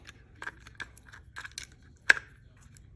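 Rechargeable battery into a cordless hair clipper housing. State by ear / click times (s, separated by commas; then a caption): seated / 2.1 s. A new Tomb45 ECO rechargeable replacement battery is placed into the battery bay of a cordless hair clipper housing and pressed down. Soft scraping and handling noises lead up to a sharp click at 2.1 s as the battery snaps and seats into position. No one talks during the clip.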